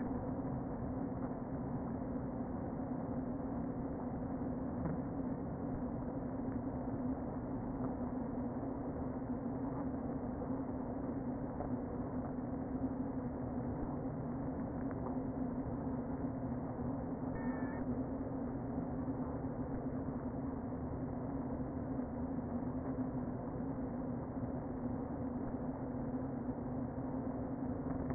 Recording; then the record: honeybee colony, microphone inside the hive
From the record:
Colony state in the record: queen present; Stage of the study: before two queens were removed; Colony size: about 60,000 bees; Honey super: yes